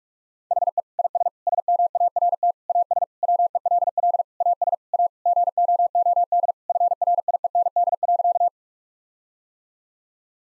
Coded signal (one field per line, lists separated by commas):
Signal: Morse code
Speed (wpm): 41 wpm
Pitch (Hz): 700 Hz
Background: none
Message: HE IS SMART AS WELL AS A GOOD FRIEND.